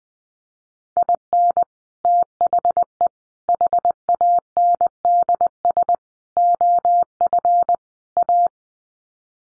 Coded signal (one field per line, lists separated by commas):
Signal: Morse code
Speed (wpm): 20 wpm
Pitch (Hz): 700 Hz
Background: none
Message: IN THE HANDS OF A